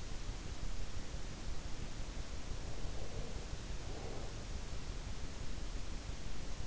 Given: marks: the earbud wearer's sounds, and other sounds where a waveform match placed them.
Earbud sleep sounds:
sounds in sleep by an in-ear microphone; breath
2.64-4.78 s: breath

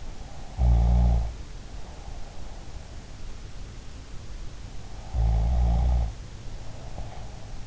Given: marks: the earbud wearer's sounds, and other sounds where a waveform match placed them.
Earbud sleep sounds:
sounds in sleep by an in-ear microphone; snoring breath
0.30-2.89 s: snoring breath
4.93-7.67 s: snoring breath

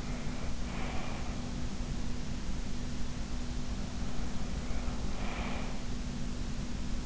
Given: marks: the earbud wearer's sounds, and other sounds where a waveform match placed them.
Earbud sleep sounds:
sounds in sleep by an in-ear microphone; breath
0.00-1.55 s: breath
4.59-5.84 s: breath

